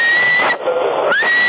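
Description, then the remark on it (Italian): A single steady tone whistled into a CB radio microphone in Sassari, held over a thin, hissy radio channel, breaking off briefly, then returning with an upward glide before settling back on the same pitch; the whistling makes the output rise to 10. “Adesso per dire fischiando sale a 10, capito?”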